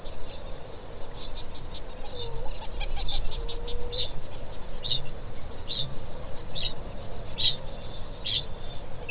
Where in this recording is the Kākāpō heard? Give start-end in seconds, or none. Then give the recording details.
1.97-9.11. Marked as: faintness 3/5. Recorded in New Zealand. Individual Stumpy